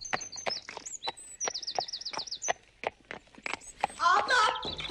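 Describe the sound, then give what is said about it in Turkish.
A horse with a rider on its back, held by someone on foot, walks along with a steady clip-clop of hooves, sharp regular knocks over bright, warbling birdsong, and a brief voice rises near the end. “Abi ben atı tutuyorum, sen merak etme. Gel şöyle biraz dolaşalım.”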